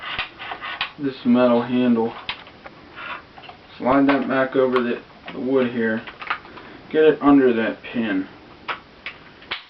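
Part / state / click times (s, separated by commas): barrel band onto rifle stock, held by band spring / seated / 9.5 s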